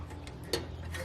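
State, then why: Not seated. A spring-loaded metal globe lift on a tubular lantern is worked by hand, giving a faint tick at 0.3 s and then a sharper, bright metallic snap at 0.5 s as the lift springs back under spring tension. The clip ends before the part goes home, and nothing has seated yet.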